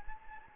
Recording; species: mosquito wingbeat signal from an infrared sensor; Anopheles gambiae